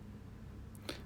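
Pressing the side button on the spring-loaded plastic cup holder in the centre console of a 2018 Honda HR-V 1.6 releases it, and it flips back up into position. Over a steady low hum, a faint tick comes at 0.75 s, then a sharp snap at 0.9 s as the holder clicks back into place.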